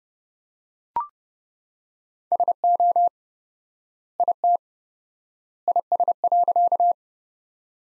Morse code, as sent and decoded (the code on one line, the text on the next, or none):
... --- / .. - / .. ... .-.-.-
SO IT IS.